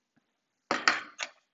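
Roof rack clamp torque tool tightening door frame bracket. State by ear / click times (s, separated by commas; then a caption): torque reached / 0.7 s, 0.9 s. The torque tool of a Thule Evo Clamp roof rack with WingBar Evo crossbars is turned to tighten the door frame bracket against the door frame of a 2020+ Kia Soul. Sharp clicks ring out at 0.7 s and 0.9 s, followed by a softer click at 1.2 s, as the tool clicks at its setting to show the bracket is fully tightened.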